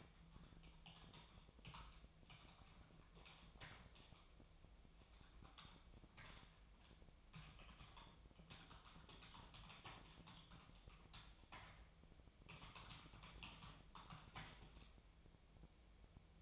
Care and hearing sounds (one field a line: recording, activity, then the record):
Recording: daily activity, microphone in the room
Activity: typing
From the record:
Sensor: 1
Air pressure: 999.2 hPa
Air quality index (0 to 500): 209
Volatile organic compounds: 51 ppm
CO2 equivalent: 3309 ppm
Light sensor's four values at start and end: 9/22/8/9 and 9/22/8/9